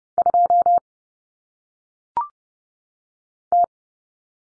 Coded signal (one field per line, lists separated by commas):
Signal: Morse code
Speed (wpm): 30 wpm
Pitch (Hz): 700 Hz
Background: none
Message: 2 T